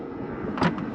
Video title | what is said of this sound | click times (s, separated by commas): All the Cool 👌/ Hidden Features on the 2023 MG ZS EV -- Part 2 -- THINGS YOU MAY NOT KNOW BEFORE!!! | just like that you hear the click and see the blinker | 0.6 s, 0.8 s